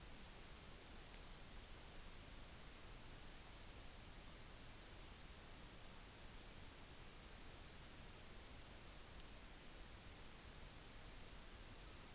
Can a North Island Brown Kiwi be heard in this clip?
no